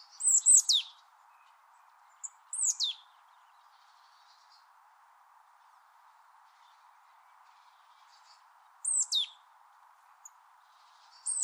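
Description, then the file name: Marsh tit calls: sharp, high notes sliding steeply downward, given in short bursts with long pauses between them, over a steady low hum. "Poecile palustris"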